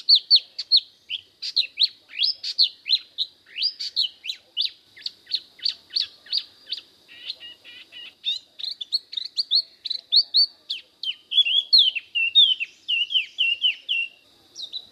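Spot-throated babbler delivering a long, continuous stream of sharp whistled and chattering notes, fast and varied, ending in a series of slurred whistles.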